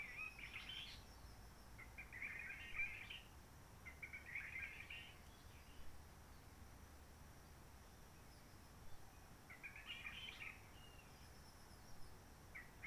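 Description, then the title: Réunion bulbul giving scratchy, chattering warbled phrases in bursts, with long quiet gaps between them and a soft steady hiss underneath. Roche Merveilleuse forest, Réunion; quiet since 19 March 2020 lockdown, no visitors, microlights or helicopters; sunny, blue sky; birds not very active; sings simpler short phrases, adapted to noise pollution. "Roche Merveilleuse, Réunion - Merle de lîle de la Réunion."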